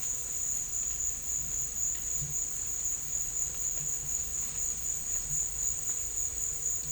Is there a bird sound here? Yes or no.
no